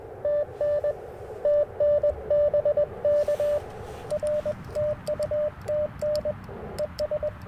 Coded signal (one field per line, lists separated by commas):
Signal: Morse code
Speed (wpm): 21 wpm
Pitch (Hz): 600 Hz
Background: radio noise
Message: TN TN BK R TU TN ES